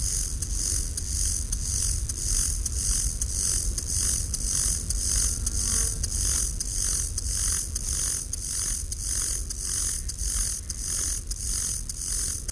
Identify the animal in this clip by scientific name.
Chorthippus mollis